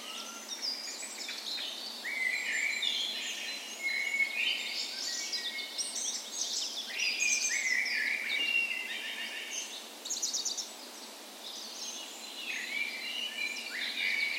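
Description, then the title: Birds in full dawn chorus, many high warbling and chirping songs layered densely, briefly thinning around the tenth second before swelling again. Spring dawn chorus on the morning of 17 May, Norway's National Day, in a park west in Bergen, Norway; Sony PCM A10 recorder with LOM micro Usi microphones as tree ears. "17th Of May Dawn Chorus"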